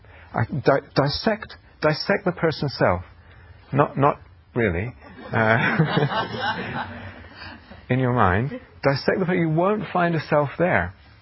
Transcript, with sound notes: I dissect the person's self -- not really! [laughter] In your mind, dissect the person. You won't find a self there.